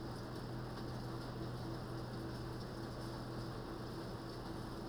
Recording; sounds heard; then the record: poultry house recording; no chicken sound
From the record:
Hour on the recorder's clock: 21